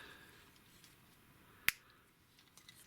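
The hands of a plastic toy robot are pulled forward until they lock into place with a single sharp snap at 1.7 s over a quiet hiss. A few faint ticks follow near 2.6 s and 2.7 s. The hands are locked in place.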